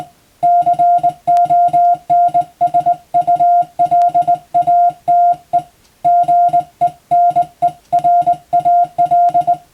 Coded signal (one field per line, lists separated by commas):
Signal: Morse code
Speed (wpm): 21 wpm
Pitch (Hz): 700 Hz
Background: music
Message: CONSULATE GENERAL